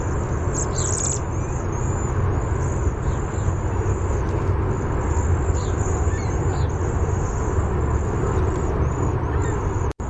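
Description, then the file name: Cedar waxwing calls: a steady chorus of very high, thin, slightly wavering seee notes running throughout, over a constant low rumble of traffic. Bzee-seee call type. "CEDW bzee seee"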